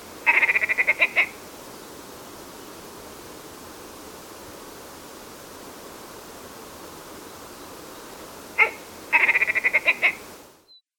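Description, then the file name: Willow ptarmigan giving two rapid, rattling bursts of clipped pulsed notes, each about a second long, separated by a long quiet stretch of faint background noise. "lirype"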